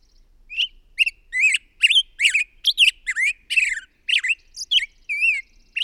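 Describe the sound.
Bird chattering in a steady series of harsh, buzzy chirps, each note sweeping up and down, roughly two or three per second with short gaps.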